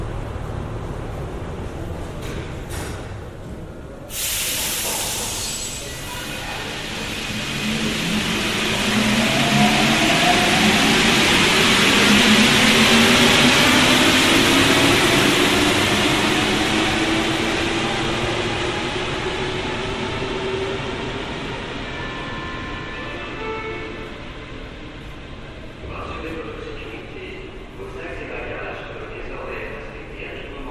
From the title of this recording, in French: Métro parisien